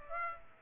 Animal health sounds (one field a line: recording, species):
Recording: mosquito wingbeat signal from an infrared sensor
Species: Aedes aegypti